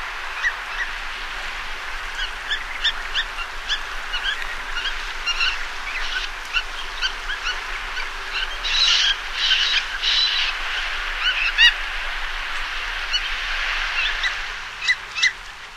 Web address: Songs of Birds of North America Stokes. Hudsonian Godwit